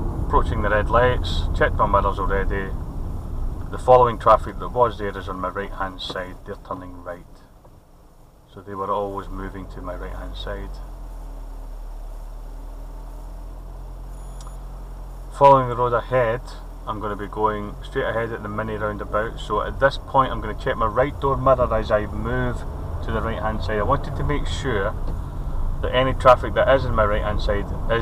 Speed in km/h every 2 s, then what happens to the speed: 27, 21, 10, 0, 0, 0, 0, 0, 0, 0, 8, 16, 16, 18.
0-6 brakes to 0. 6-18 standing. 18-28 pulls away to 18.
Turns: none.